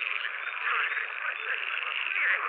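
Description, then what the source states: Pool frog calls in a continuous dense chorus, a steady buzzy, rattling drone without pauses throughout. Recorded in 2020.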